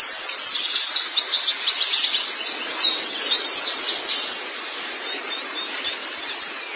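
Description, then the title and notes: White-eye chatter: quick, high, sweeping chirps, densest in the first four seconds, then thinning to a softer twitter. "Kicauan Burung Pleci Durasi Panjang. Suara kicauan burung pleci"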